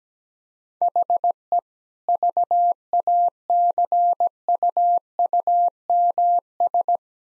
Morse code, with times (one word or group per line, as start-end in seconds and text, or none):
0.8-1.6 HE
2.1-7.0 VACUUMS